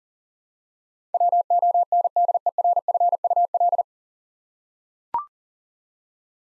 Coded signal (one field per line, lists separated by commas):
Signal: Morse code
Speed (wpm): 40 wpm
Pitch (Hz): 700 Hz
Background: none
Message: WONDERFUL